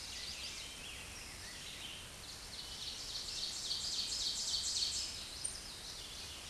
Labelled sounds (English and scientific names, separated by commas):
Ovenbird (Seiurus aurocapilla) song